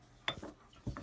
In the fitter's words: Locks in place there.